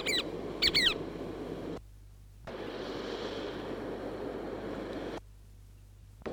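Chatham Island oystercatcher giving two quick bursts of sharp piping notes, then steady background noise with brief silent gaps.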